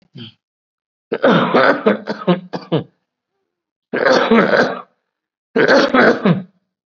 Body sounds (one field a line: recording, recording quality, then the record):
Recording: heavy voluntary cough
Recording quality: excellent, no background noise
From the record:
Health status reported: COVID-19 positive, mild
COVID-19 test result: positive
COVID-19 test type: rapid antigen test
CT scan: not taken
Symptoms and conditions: cough, another respiratory illness, hypertension, diabetes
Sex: male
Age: 60 years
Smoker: no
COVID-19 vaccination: none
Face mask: worn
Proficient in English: yes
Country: India